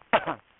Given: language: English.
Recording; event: throat vibration sensor signal played as sound; cough